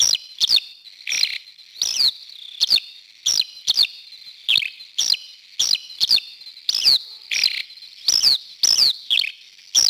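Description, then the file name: Eurasian skylark song made of quick, chirping, sweeping high notes, delivered in many short bursts with brief gaps, on a clean quiet background. "Allodola Vignali"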